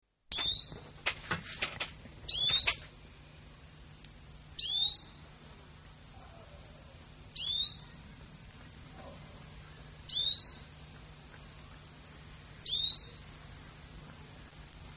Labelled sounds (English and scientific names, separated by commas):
European Greenfinch (Chloris chloris) call